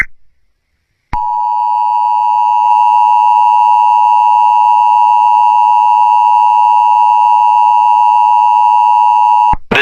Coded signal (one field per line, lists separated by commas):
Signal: Emergency Alert System (SAME) tones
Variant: 853 and 960 Hz attention tone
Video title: Polsat RedLight a EAS Scenario